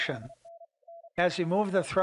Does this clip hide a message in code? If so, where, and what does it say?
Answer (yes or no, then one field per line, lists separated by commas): no